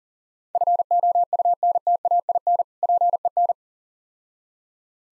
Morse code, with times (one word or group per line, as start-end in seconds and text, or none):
0.5-2.6 FOUNTAIN
2.8-3.5 PEN